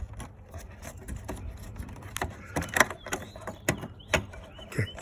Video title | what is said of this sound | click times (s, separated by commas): How to Replace Headlight Bulb Chevy Malibu QUICKLY! | locks you feel click in place and | 3.7 s